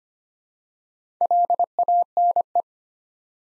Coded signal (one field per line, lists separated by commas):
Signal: Morse code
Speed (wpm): 25 wpm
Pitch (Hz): 700 Hz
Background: none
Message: LANE